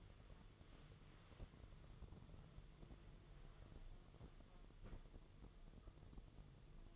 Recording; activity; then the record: daily activity, microphone in the room; wipe stove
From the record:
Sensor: 4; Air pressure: 1015.9 hPa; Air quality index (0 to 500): 164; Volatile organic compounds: 6 ppm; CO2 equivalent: 1863 ppm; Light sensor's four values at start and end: 9/19/7/7 and 9/19/7/7